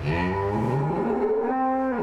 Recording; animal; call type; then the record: contact call of a hoofed animal; cattle; low-frequency (closed-mouth) or high-frequency (open-mouth) call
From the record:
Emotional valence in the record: negative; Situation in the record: full separation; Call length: 2.1 s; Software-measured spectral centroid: 1070 Hz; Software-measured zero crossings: 1120 a second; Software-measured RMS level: -24 dBFS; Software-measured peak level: -13 dBFS